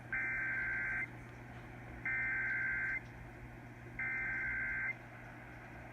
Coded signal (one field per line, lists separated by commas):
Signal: Emergency Alert System (SAME) tones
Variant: header bursts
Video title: [EAS #19-20] Flash Flood Warnings for Sonoma County, CA on 740 AM KCBS and 810 AM KGO